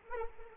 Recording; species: mosquito wingbeat signal from an infrared sensor; Anopheles arabiensis